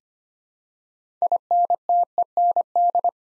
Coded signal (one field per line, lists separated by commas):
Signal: Morse code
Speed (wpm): 25 wpm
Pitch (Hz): 700 Hz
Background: none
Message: INTEND